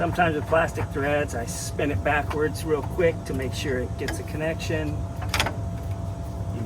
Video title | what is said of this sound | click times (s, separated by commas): Chlorine Generator, Install it Yourself. DIY Salt Cell, you can do it. | can hear it click all right | 5.3 s